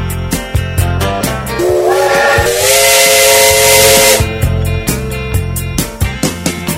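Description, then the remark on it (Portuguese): A steam train whistle sound effect sounds one long, rising, multi-toned blast wrapped in loud hissing steam, set against a steady thumping beat that continues before and after the whistle, during a live DJ set at Bar Velha Guarda. “A identidade do trem.”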